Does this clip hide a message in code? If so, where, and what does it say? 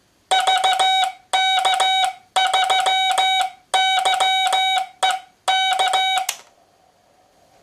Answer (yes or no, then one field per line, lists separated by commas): yes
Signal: Morse code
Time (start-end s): 0.3-6.2 s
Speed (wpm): 15 wpm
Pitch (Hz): 2250 Hz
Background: none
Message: VK3YE K